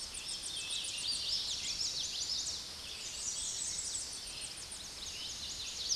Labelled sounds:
Common Yellowthroat (Geothlypis trichas) song
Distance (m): 40 m
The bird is about level with the microphone
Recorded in a Pennsylvania forest on 16 May 2024 at 06:06
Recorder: AudioMoth, point MSD-2305
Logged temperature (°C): 16.9 °C
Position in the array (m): 60 m, 153 m

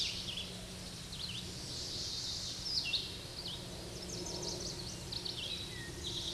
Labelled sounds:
Red-eyed Vireo (Vireo olivaceus) song
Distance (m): 45 m
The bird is about 20 m above the microphone
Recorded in a Pennsylvania forest on 16 May 2024 at 08:05
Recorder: AudioMoth, point MSD-1338
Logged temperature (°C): 12.6 °C
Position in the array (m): 100 m, 77 m

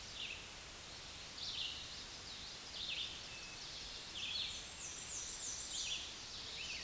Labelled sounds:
Red-eyed Vireo (Vireo olivaceus) song
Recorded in a Pennsylvania forest on 16 May 2024 at 09:07
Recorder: AudioMoth, point MSD-2146
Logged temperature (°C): 16.7 °C
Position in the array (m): 150 m, 27 m

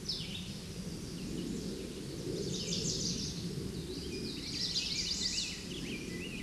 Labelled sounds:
Chestnut-sided Warbler (Setophaga pensylvanica) song
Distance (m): 40 m
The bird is about level with the microphone
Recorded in a Pennsylvania forest on 16 May 2024 at 08:58
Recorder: AudioMoth, point MSD-0788
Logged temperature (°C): 16.6 °C
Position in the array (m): 111 m, -8 m

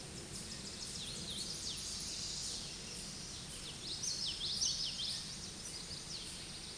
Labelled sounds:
Common Yellowthroat (Geothlypis trichas) song
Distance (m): 30 m
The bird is about 10 m above the microphone
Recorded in a Pennsylvania forest on 16 May 2024 at 08:15
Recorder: AudioMoth, point MSD-2304
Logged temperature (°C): 16.0 °C
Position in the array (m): 225 m, 186 m

